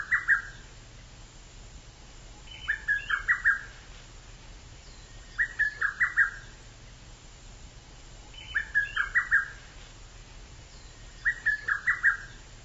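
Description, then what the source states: Japanese bush warbler repeating a short run of five or so quick notes every few seconds against steady low background noise. Song rendered as "kokekyo".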